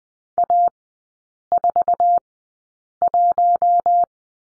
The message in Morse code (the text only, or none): A41